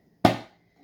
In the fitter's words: you can hear it latch when you push down so right now I didn't push yet but I'll let you hear the click ready